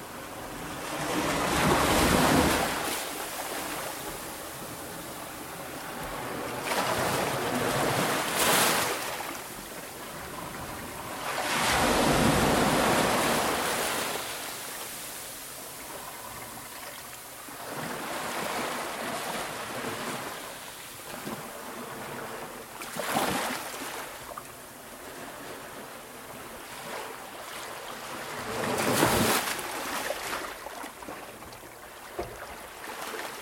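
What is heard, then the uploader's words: Waves roll gently onto the shore in slow, irregular swells, each one rising to a soft hiss and washing back. Louder crests arrive near the start, around twelve seconds, and again near thirty, with a steady wash of surf filling the gaps between. Sunny Beach Waves. The sound of waves gently coming to shore.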